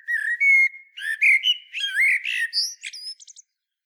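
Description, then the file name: Common blackbird pouring out a continuous fluted warble of varied low whistles, finishing with a few quick, high thin notes. "Turdus merula"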